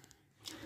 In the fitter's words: Itong isa, nag-lock na to.